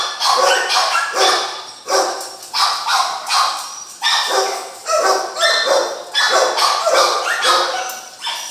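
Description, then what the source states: Dog barking, loud sharp yaps in a rapid steady series through the whole stretch. Barking inside a dog kennel.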